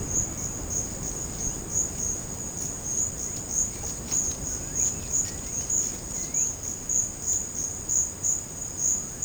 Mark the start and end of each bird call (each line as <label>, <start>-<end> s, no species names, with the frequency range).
bird call (1.5-3.7 kHz), 3.24-6.61 s